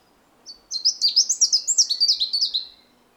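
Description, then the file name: European robin delivering a fast run of high, slurred notes, falling slightly in pitch before fading out. "Erithacus rubecula"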